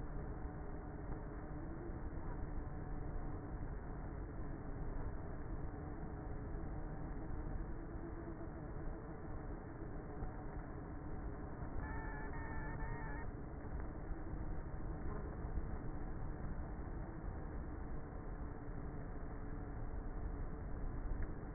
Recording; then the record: honeybee colony, microphone inside the hive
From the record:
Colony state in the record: queenless with a low population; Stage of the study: before two queens were removed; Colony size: about 30,000 bees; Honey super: no